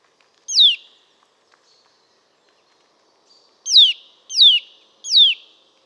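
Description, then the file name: Eurasian nuthatch call notes: a single sharp descending note, a pause, then three quick downward-sliding notes in a row. "Sitta europaea"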